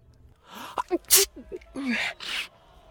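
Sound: sneeze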